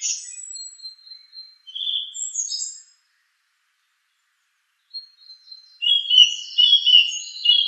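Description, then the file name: Song thrush giving varied whistled phrases, falling silent for about two seconds, then resuming with a burst of high scratchy notes. "suara kicauan burung song thrush. omkicau"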